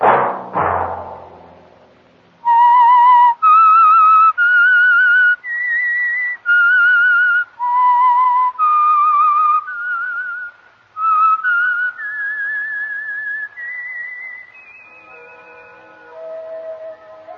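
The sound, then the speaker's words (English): After a sharp opening thud, a lone whistler carries a slow melody of long, clear notes that rise and dip, then one high held note gives way to a soft sustained chord. “That whistle be your signal for the Signal Oil program, The Whistler, each Sunday night at this same time.”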